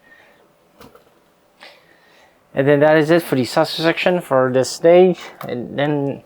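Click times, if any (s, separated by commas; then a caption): 1.0 s, 1.6 s. A small plastic escape pod hatch cover is pressed onto the deck section of a DeAgostini U.S.S. Enterprise D model starship hull, over a screw. It snaps into place, seating with clicks at 0.9 s and 1.6 s. From about 2.6 s someone talks.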